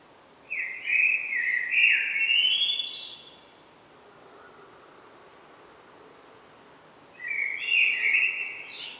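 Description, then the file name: Common blackbird song: a rich, fluty warbled phrase climbing to a squeaky twitter, then a second similar phrase after a long pause. "Turdus merula"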